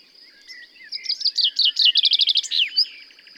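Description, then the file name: Common chaffinch song, a descending series of quick repeated notes ending in a sharp flourish. "Fringilla coelebs"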